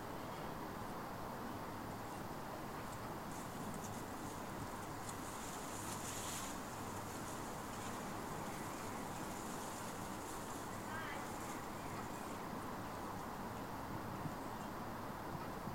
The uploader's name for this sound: Killingbeck/Seacroft: Pigeon Cote Farm Boundary